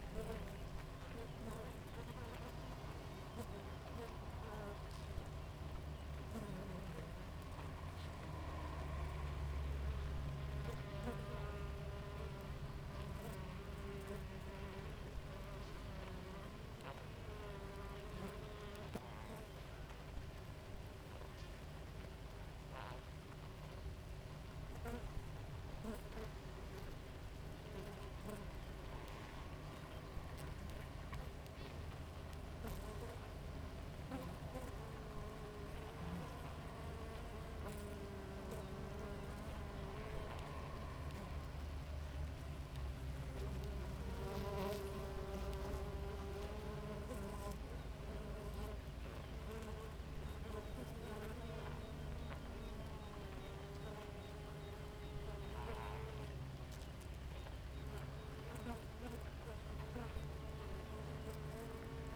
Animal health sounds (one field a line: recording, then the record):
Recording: honeybee colony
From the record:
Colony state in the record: active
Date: 28 July 2017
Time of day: 5:48